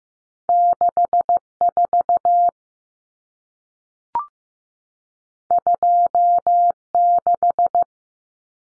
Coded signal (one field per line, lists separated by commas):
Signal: Morse code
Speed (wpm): 15 wpm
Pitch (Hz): 700 Hz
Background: none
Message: 64 26